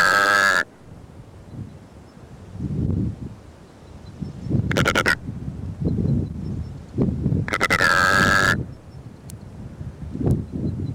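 Secretarybird giving harsh nasal croaks, a short one at the start, then a brief stuttered burst and a longer rasping call, amid low rumbling noise.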